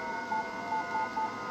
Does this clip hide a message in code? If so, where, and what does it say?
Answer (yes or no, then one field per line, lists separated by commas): no